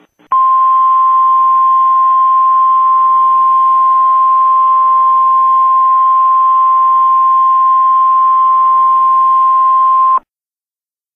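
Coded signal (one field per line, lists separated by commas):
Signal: Emergency Alert System (SAME) tones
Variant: 1050 Hz attention tone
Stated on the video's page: Purported EAS nuclear attack alert for the US.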